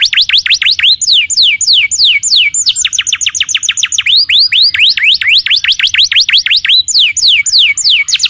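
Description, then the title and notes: Canary singing loud and continuous, with fast repeated sweeping notes that slide down and then up, delivered in rapid rolling phrases and changing pattern throughout. Song used to lure and tutor young canaries; long-duration training recording. "Pancingan Kenari Muda. masteran kenari"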